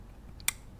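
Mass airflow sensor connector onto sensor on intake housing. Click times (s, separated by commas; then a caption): 0.5 s. A mass airflow sensor electrical connector is pushed onto the sensor on the air intake housing of a BMW i8 after an air filter replacement. A faint tick at 0.4 s is followed by a sharp, bright snap at 0.5 s. The connector seats and snaps into place.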